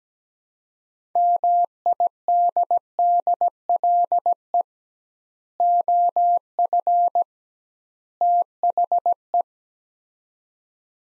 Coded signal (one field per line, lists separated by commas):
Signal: Morse code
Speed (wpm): 17 wpm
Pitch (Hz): 700 Hz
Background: none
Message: MIDDLE OF THE